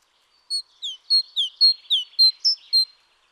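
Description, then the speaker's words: Great tit singing a bright repeated two-note phrase, mostly a high note sliding to a lower one, given several times in steady succession against silence. Males sing throughout the year, averaging four song types sung at three tempos, possibly suggesting a denser territory and discouraging competition; birds with larger vocabularies more often dominate and breed successfully. "Great tits with larger vocabularies are more likely to be dominant and breed successfully."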